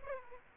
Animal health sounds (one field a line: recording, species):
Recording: mosquito wingbeat signal from an infrared sensor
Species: Aedes aegypti